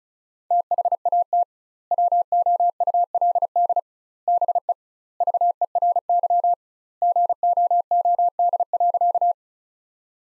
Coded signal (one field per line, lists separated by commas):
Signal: Morse code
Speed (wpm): 36 wpm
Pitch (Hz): 700 Hz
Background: none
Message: THAT WOULD BE VERY GOOD.